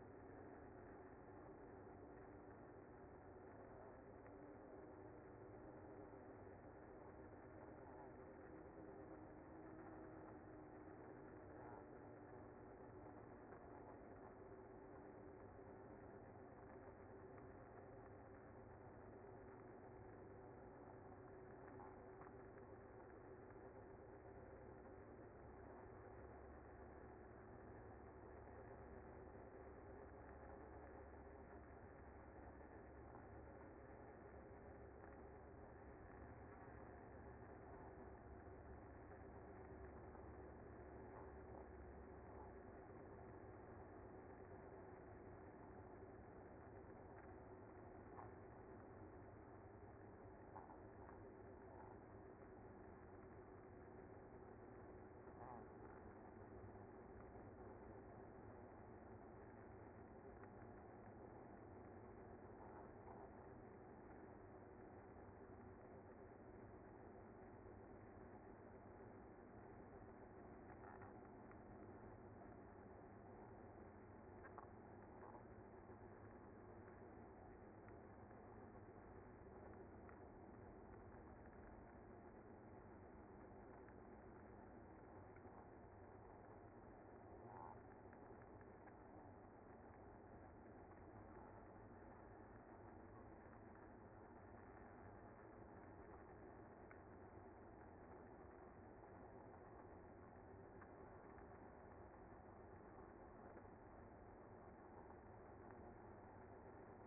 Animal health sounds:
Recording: honeybee colony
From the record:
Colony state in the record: active

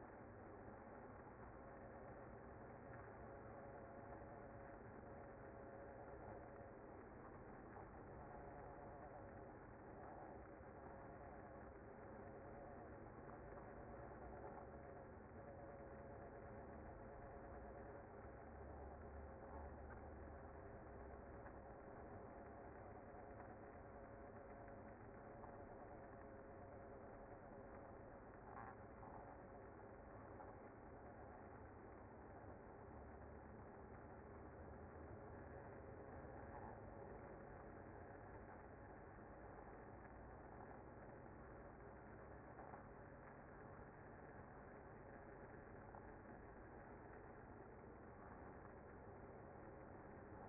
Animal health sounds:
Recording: honeybee colony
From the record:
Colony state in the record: active

